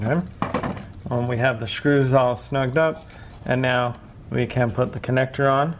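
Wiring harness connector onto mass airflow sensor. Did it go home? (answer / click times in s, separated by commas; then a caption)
no / none. A wiring harness connector is about to be pushed onto the new mass airflow sensor of a 2015-2023 Chevrolet Trax, whose screws have just been snugged up. Someone talks throughout with only faint handling noise, and the connector has not seated or clicked yet.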